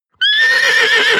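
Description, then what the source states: Horse giving a loud, harsh squealing neigh that starts abruptly and holds steady, high and strained with a rough edge, lasting over a second. Vocal attack call.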